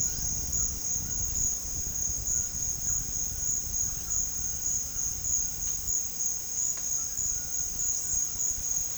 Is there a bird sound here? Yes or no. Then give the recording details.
no. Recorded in pastures near Puerto Asís, Putumayo, Colombia, on 30 June 2025 at 14:30. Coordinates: 0.466, -76.322. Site GP07